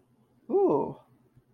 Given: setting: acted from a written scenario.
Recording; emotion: vocal sound without words; realization